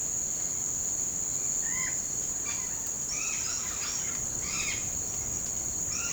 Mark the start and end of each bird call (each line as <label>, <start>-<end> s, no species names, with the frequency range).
bird call (0.8-5.4 kHz), 1.62-1.95 s
bird call (0.6-5.7 kHz), 2.42-2.72 s
bird call (0.6-6.5 kHz), 3.08-4.83 s